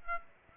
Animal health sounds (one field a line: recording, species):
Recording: mosquito wingbeat signal from an infrared sensor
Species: Aedes aegypti